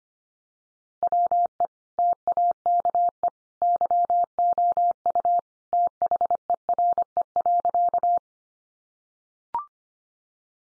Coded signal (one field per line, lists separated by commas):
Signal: Morse code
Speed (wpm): 25 wpm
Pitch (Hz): 700 Hz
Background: none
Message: WE TAKE YOU THERE.